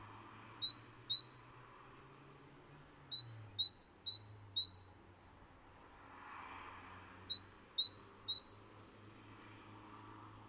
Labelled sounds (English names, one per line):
Great Tit song